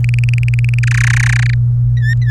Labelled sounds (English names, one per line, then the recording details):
Domestic Canary song
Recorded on 24 April 2018 at 18:05
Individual llb3